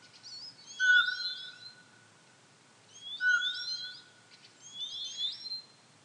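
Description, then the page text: Eurasian pygmy owl sounding two plain whistled notes about two seconds apart, with lively twittering songbirds heard alongside. "Jelmer Poelstra - Воробьиный сычик (Glaucidium passerinum)"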